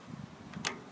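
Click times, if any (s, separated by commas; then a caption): none. A metal quick-release keyed chuck is handled at the spindle of a Milwaukee M18 Fuel cordless magnetic base drill (M18FMDP-0C) as it is inserted and twisted to lock onto the spindle. A low rumble is followed by a faint tick at about 0.5 s and a sharper, brighter hit near 0.7 s. The chuck has not yet seated or locked by the end of the clip.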